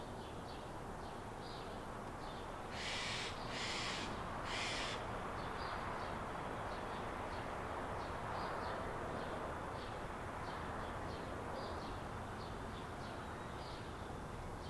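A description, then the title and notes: Backyard ambience with a steady, dense low roar running throughout. Faint high chirps repeat at fairly regular intervals across the whole clip. Around three to five seconds, three harsh, hissing screeches cut in, much like an owl's call. Maple Leaf 4:55 AM. Recorded in our backyard.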